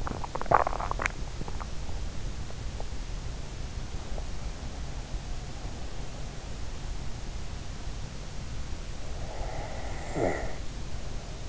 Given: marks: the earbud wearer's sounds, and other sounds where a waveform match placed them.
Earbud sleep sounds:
sounds in sleep by an in-ear microphone; swallowing, snoring breath
0.00-1.16 s: swallowing
9.44-11.49 s: snoring breath

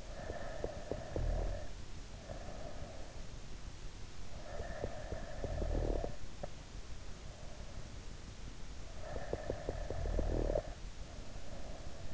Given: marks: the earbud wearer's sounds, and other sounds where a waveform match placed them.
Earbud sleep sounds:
sounds in sleep by an in-ear microphone; snoring breath
0.00-3.16 s: snoring breath
4.37-6.33 s: snoring breath
8.67-12.14 s: snoring breath

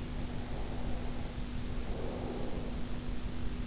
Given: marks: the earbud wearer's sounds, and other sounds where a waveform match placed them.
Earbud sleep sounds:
sounds in sleep by an in-ear microphone; breath
0.02-3.17 s: breath

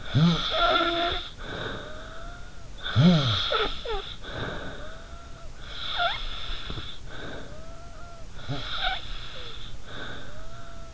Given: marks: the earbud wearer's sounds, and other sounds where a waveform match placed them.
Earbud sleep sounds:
sounds in sleep by an in-ear microphone; snoring breath
0.00-2.73 s: snoring breath
2.80-5.48 s: snoring breath
5.61-10.94 s: snoring breath

